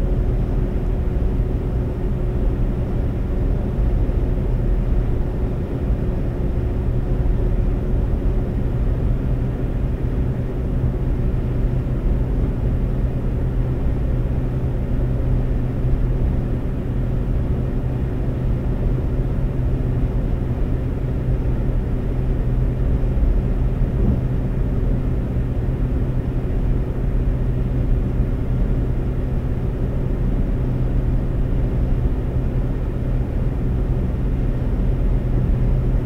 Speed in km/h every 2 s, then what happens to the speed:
132, 132, 132, 132, 132, 132, 132, 132, 132, 132, 132, 132, 132, 132, 132, 132, 132, 132.
0-36 steady at about 132.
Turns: none.